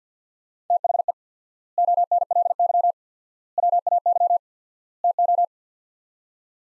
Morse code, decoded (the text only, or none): THE ONLY WAY TO